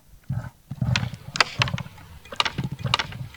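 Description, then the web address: Caribou giving low, rough grunts in short bursts, with several sharp, dry clicks scattered among them. "soundswild caribou"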